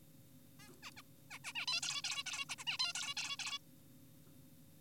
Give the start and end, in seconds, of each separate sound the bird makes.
0.60-0.73, 0.83-0.91, 0.97-1.02, 1.31-1.39, 1.44-1.53, 1.55-1.66, 1.68-1.81, 1.83-2.02, 2.04-2.24, 2.26-2.45, 2.49-2.56, 2.58-2.64, 2.67-2.78, 2.80-2.93, 2.95-3.15, 3.17-3.37, 3.39-3.58